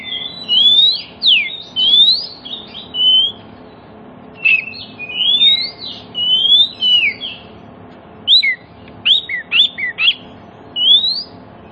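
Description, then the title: Oriental magpie-robin singing a varied, fast run of whistled slurs and sharp chirps, rising and falling notes in bursts with brief pauses, over a steady low hum. Song played as a lure to prompt other magpie-robins, including ones that have stopped singing, to answer and sing within about five minutes. "Cukup Hitungan Menit Kacer Lain Bisa Bunyi. CUKUP 5 Menit Kacer LAIN NYAUT JADI GACOR, PANCINGAN KACER MACET BUNYI"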